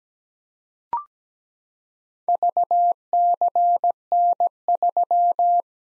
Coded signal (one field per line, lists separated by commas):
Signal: Morse code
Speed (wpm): 17 wpm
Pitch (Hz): 700 Hz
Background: none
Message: VCN3